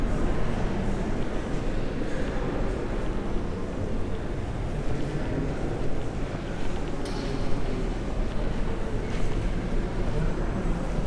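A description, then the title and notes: Ambience inside Bath Abbey: a steady, dense murmur of hushed voices that blends into one continuous low wash. The level stays even throughout, with faint soft taps and brief brighter touches, one around the seventh second, rising above it now and then. Binaural Bath Abbey Ambiance | City of Bath.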